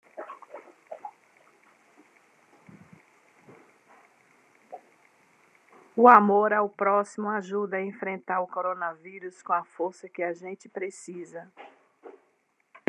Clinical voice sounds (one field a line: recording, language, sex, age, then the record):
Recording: spoken sentence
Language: Brazilian Portuguese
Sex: female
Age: 50 to 59 years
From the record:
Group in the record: control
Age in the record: 58 years